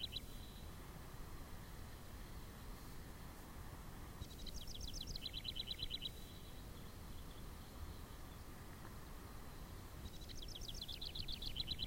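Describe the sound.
House wren song: a faint short note at the start, then two fast bubbling trills about six seconds apart, set against continuous low rumbling noise.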